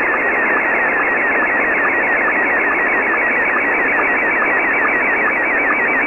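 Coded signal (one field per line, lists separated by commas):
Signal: SSTV (slow-scan television)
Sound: warbling whistling tone repeating fast, with regular short low blips, over hiss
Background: shortwave radio static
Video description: Here are 3 images transmitted in a row from Pee Wee Pirate Shortwave Radio on 6955Khz LSB.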